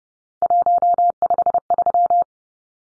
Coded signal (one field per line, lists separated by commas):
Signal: Morse code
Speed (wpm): 30 wpm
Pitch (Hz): 700 Hz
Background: none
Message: 153